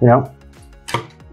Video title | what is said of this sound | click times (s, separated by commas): How to salvage your data from a failed WD My Cloud? | it out just like this. You would hear a, you know, click sort of a sound when you do that. | 0.9 s